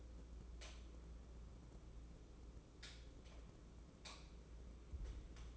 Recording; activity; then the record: daily activity, microphone in the room; light on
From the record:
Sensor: 1